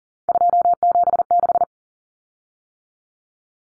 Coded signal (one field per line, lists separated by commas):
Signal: Morse code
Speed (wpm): 40 wpm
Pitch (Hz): 700 Hz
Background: none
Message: 276